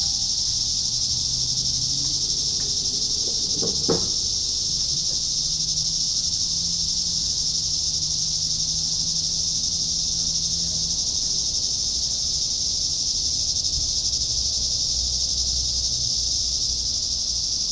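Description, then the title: Cicada chorus: a steady, high-pitched buzzy drone holding unbroken for the whole stretch, with a few soft clicks near the start and a low hum beneath. "neoscenes: cicadas"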